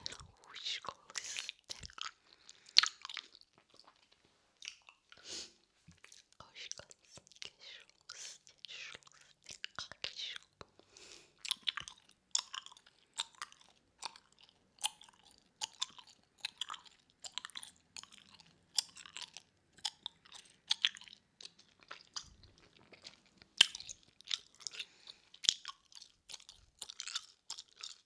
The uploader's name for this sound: ASMR Mouth Sounds * Gum Chewing * Inaudible Whisper